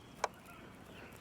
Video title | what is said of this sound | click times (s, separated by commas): Dodge Avenger: Easy Tail Light Assembly & Bulb Replacement Tutorial! #dodge | there's a snap | 0.2 s